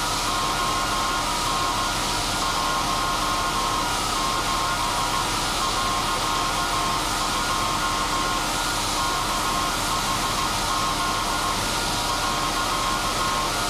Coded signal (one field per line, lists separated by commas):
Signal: Morse code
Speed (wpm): 16 wpm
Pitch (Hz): 1070 Hz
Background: none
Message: ON 17.2 KHZ .